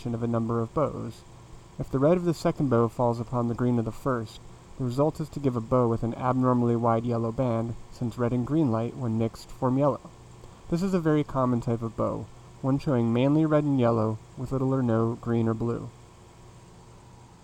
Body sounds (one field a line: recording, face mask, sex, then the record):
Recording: reading aloud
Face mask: none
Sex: male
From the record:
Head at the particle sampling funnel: facing it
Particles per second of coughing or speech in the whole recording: 3.44